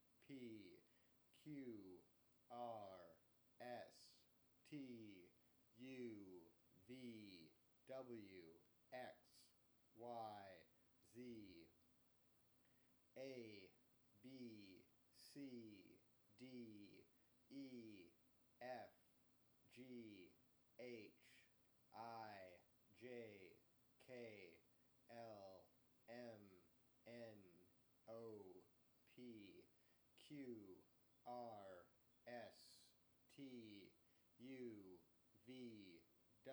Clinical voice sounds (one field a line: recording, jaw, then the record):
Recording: letters of the alphabet, spoken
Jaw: free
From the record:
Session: first day, before the bite bar